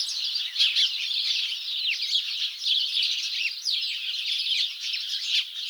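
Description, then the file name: House sparrows giving a continuous chatter of overlapping chirps, busy and unbroken, with some louder chirps standing out now and then. "Passer domesticus"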